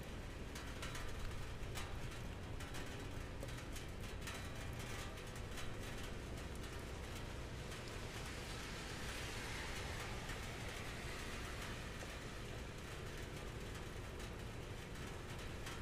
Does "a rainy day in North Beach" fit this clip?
yes